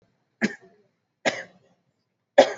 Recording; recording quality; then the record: heavy voluntary cough; excellent, no background noise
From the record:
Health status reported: exposed to COVID-19, no respiratory illness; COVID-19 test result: not tested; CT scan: not taken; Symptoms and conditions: none ticked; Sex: male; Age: 30 years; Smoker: no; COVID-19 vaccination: both doses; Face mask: worn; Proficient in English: yes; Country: India